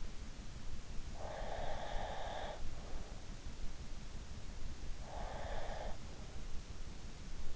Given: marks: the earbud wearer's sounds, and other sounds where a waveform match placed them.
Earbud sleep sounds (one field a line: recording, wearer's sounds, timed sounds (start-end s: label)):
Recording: sounds in sleep by an in-ear microphone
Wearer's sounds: breath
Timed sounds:
1.13-2.58 s: breath
5.17-5.98 s: breath